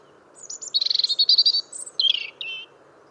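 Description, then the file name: European robin song: a few high notes, then a fast rippling trill of high notes, followed by a couple of short twittery flourishes. "Erithacus rubecula"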